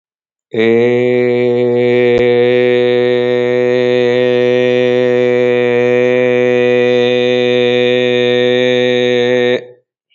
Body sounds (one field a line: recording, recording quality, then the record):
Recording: sustained vowel as in made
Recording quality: excellent, no background noise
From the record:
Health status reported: healthy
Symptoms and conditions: cold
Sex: male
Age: 18 years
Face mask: not worn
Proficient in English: yes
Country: India